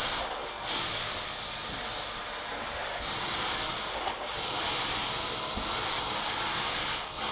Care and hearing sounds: daily activity, microphone in the room; vacuum cleaning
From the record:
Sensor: 5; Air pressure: 992.0 hPa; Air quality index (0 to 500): 175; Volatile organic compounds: 621 ppm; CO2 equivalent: 4959 ppm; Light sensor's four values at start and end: 27/92/34/36 and 27/91/34/36

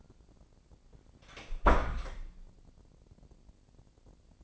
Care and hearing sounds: daily activity, microphone in the room; close door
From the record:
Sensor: 5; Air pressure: 1009.3 hPa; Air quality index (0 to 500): 162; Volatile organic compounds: 2 ppm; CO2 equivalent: 1244 ppm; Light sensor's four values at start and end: 121/285/123/132 and 121/285/123/132

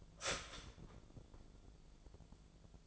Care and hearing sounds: daily activity, microphone in the room; start toaster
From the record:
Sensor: 5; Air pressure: 1000.3 hPa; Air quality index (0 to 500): 134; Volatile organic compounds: 2 ppm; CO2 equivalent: 1054 ppm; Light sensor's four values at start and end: 75/175/74/79 and 75/175/74/80

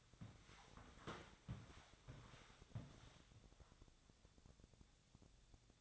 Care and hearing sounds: daily activity, microphone in the room; walk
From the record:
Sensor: 3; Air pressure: 1000.5 hPa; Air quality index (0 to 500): 168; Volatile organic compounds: 3 ppm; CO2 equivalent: 1469 ppm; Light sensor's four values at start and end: 18/48/19/21 and 18/47/19/21

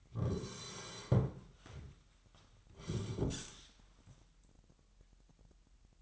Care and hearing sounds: daily activity, microphone in the room; sit down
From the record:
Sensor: 3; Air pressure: 998.5 hPa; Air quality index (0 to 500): 126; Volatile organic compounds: 3 ppm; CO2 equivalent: 1510 ppm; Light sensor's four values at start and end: 8/18/7/8 and 8/18/7/8

